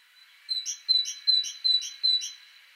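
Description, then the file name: Great tit with a short series of five repeated two-note phrases, a thin whistle and a rougher note, delivered quickly and evenly. "Parus major"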